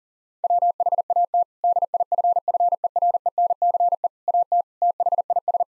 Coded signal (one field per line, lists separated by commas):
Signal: Morse code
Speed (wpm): 40 wpm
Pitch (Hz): 700 Hz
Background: none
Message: WHAT DIFFERENCE AT THIS